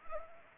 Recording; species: mosquito wingbeat signal from an infrared sensor; Anopheles arabiensis